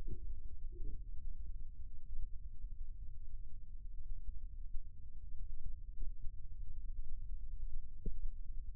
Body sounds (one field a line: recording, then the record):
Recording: forearm muscle sounds (acoustic myography)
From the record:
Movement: rest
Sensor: system 2, bracelet of six BSWA MPA416 microphones around the upper forearm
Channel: 2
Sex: male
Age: 22 years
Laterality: right